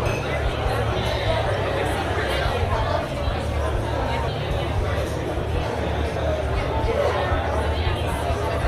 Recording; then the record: background sound without coughing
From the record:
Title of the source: CITY SOUNDS Busy Bar in the Evening Night - 2 HOURS of Ambiance for Relaxation